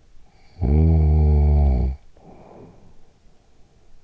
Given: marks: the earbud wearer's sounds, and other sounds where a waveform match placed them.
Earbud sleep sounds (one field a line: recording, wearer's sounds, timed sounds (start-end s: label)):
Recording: sounds in sleep by an in-ear microphone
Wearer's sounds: snoring breath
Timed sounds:
0.13-3.84 s: snoring breath